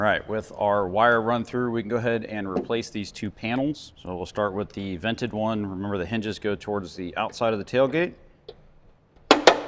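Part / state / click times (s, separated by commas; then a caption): plastic trim panel into inner tailgate / seated / 9.3 s. Someone talks, then a vented plastic tailgate trim panel is pressed onto the inner tailgate of a 2007–2018 Jeep Wrangler JK, hinges toward the outside, after the wire for an Alpine backup camera kit has been run through. A sharp snap at 9.3 s marks the panel popping into place, and it is seated.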